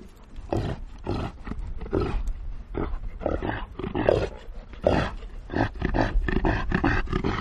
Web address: tonakaino pao xiao